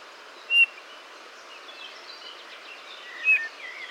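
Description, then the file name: Eurasian bullfinch calls: two brief, clear piping notes about three seconds apart over a constant hiss and faint birdsong. "Pyrrhula pyrrhula"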